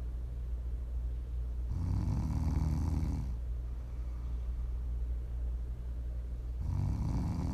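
Two low, rumbling snores about five seconds apart, with quiet pauses between; ordinary adult snoring.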